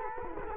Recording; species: mosquito wingbeat signal from an infrared sensor; Culex quinquefasciatus